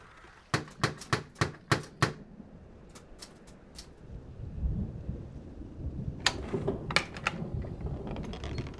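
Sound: typing on a typewriter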